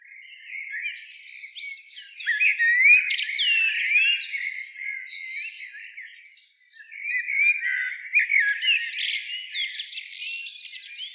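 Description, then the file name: Eurasian blackbird giving squeaky, chattering calls with sharp high clicks in two bursts separated by a brief lull. "Turdus merula"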